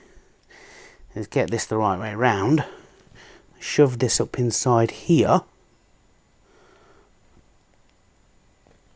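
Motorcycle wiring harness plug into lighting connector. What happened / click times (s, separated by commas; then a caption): Handled, not yet home: connector still being pushed in / none. A new motorcycle lighting harness plug is lined up and pushed up into its mating lighting connector socket while someone talks. Faint handling noises follow, but nothing has seated or clicked yet.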